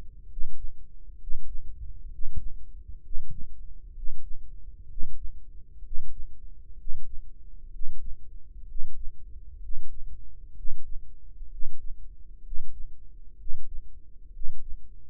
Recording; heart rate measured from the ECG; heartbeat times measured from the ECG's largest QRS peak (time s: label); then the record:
heart sounds by microphone in the right ear; 64 bpm
0.28 s: heartbeat
1.18 s: heartbeat
2.10 s: heartbeat
3.02 s: heartbeat
3.94 s: heartbeat
4.87 s: heartbeat
5.82 s: heartbeat
6.76 s: heartbeat
7.71 s: heartbeat
8.66 s: heartbeat
9.60 s: heartbeat
10.54 s: heartbeat
11.49 s: heartbeat
12.42 s: heartbeat
13.37 s: heartbeat
14.31 s: heartbeat
From the record:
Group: healthy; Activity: breath hold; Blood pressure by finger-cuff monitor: 119/75 mmHg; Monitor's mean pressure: 84 mmHg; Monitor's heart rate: 64 bpm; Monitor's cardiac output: 5.3 L/min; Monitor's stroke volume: 82 mL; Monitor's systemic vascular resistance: 1060 dyn s/cm5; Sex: male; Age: 35 years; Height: 180 cm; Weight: 86.9 kg